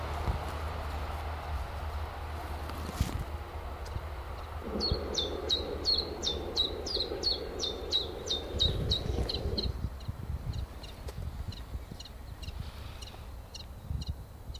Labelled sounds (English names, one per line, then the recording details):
Common Chiffchaff
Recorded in the wild
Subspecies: collybita
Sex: male
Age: adult
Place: im Schönbuch in der Nähe von Entringen bei Ammerbuch, Schönbuch, Baden-Württemberg, DE
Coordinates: 48.5956, 8.98278
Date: 1969-06-18 16:20
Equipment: Nagra III PH, MD 211, PES 26
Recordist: Schneider, Hans-Joachim
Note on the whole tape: In der Nähe des Sportplatzes von Entringen. Ein Männchen, sehr erregt durch beständiges Locken, bringt Rivalentriller, schnell gereihte Zwischenlaute teilweise auch im Flug. (Im mittleren Bandteil einige technichsche Störungen, sonst gute Tonqualität.) Sonagramm